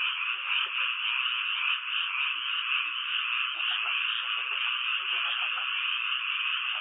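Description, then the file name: Frog chorus: a dense, unbroken wall of croaking calls, steady and loud throughout, with faint lower croaks popping through now and then. "kaeru"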